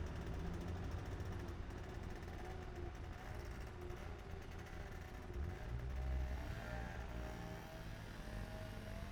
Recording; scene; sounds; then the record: everyday scene through a hearing-aid microphone; in traffic; traffic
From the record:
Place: main city hub, rush hour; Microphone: behind the ear, right, front